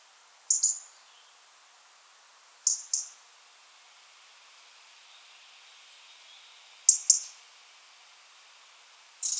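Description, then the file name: European robin calls: high, clipped double tick notes repeated every two to four seconds against light background hiss. "Erithacus rubecula"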